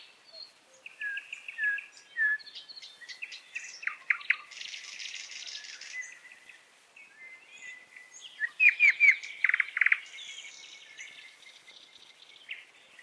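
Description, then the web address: Nightingale singing varied phrases: whistled slurs, a buzzy harsh burst, then rapid loud repeated clicks and pure notes, with pauses between phrases. "Голоса птиц Соловей"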